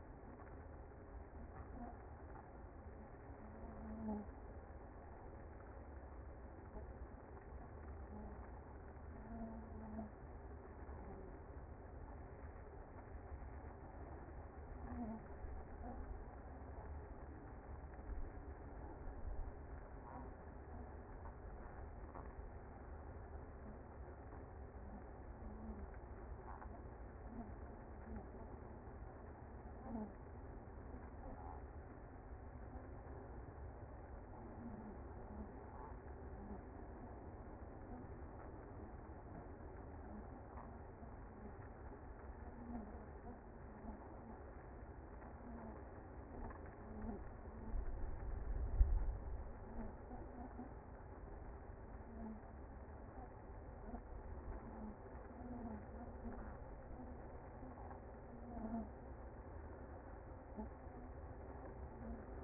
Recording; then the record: honeybee colony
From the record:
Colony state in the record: active